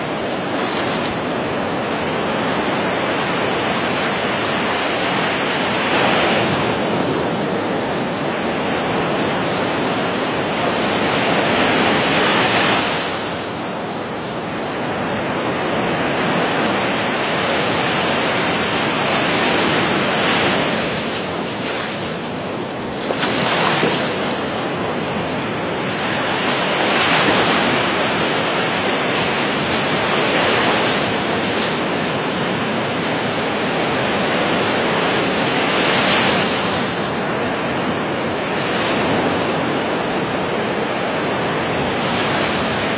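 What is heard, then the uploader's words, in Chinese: Summer ocean waves wash in a dense, constant hiss that fills the whole clip without pause. The roar swells and eases gently every few seconds, with brighter surges of foam around 7, 13, 23 and 36 seconds, and a slight lull near 14 seconds. 大自然声音：夏日海浪。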